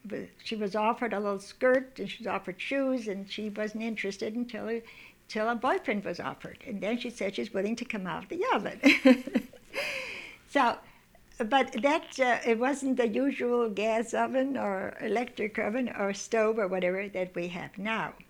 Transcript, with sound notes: She was offered a little skirt, and she was offered shoes and she wasn't interested until a boyfriend was offered. And then she said she was willing to come out of the oven. ( she laughs ) So, but that, it wasn't a usual gas oven or electric oven or stove or whatever it is we have now.